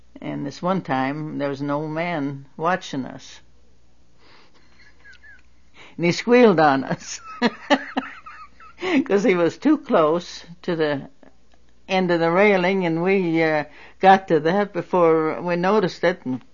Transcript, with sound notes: And this one time, there was an old man watching us, and he squealed on us. (She laughs.) Because he was too close to the end of the railing and we got to the head before he noticed it and